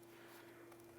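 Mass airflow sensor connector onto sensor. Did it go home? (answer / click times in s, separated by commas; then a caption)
no / none. A mass airflow sensor connector is being handled and lined up onto the sensor on a 2011-2019 Ford Fiesta during a cooling fan assembly replacement. A steady low hum and faint background noise are heard, with a brief soft sound at about 0.7 s. Nothing has seated or clicked yet.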